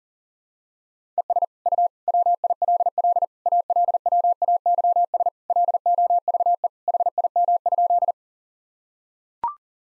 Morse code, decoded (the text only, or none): ES U WILL ALWAYS LOVE HIM?